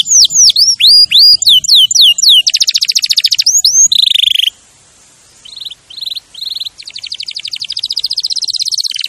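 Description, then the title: Canary song opening with loud downward-swooping whistles, then buzzy rolling trills, a brief silence, short chips and a final long rapid trill. Champion canary song used as a master recording for training other birds. "Masteran Kenari Juara"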